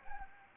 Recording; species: mosquito wingbeat signal from an infrared sensor; Anopheles gambiae